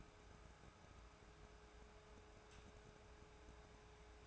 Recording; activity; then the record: daily activity, microphone in the room; take from stove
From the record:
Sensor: 2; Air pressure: 1010.1 hPa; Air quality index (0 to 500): 161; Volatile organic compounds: 7 ppm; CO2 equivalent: 2024 ppm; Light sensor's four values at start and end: 42/101/45/51 and 42/102/45/51